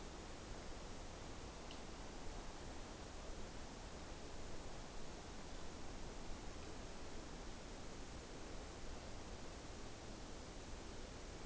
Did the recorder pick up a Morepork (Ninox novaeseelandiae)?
no